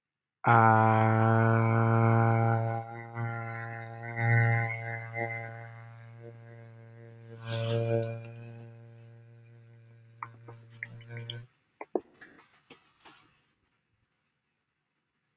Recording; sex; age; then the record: vowel held as long as possible; male; 20 to 29 years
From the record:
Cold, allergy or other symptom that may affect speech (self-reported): no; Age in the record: 21 years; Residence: California, United States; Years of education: 16